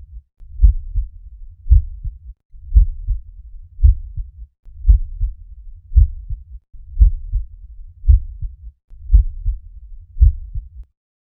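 Regular, low, dull heartbeats at about 57 a minute in an adult, each a paired lub-dub with a short quiet gap between beats. These are normal heart sounds: a clear first and second sound with no added noise between them.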